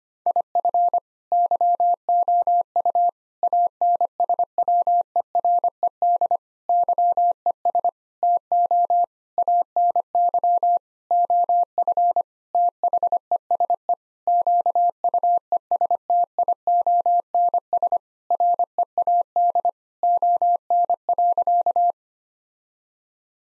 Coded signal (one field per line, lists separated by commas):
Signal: Morse code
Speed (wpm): 25 wpm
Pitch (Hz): 700 Hz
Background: none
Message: IF YOU ANSWERED YES TO ANY OF THESE QUESTIONS READ ON.